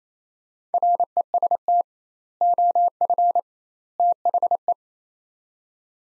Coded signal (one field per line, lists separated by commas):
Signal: Morse code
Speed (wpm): 27 wpm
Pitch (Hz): 700 Hz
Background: none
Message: REST OF THE